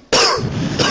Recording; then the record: coughing mixed with background sound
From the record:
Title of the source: Coughing 60